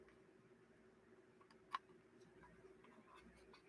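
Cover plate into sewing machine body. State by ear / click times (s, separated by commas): seated / 1.8 s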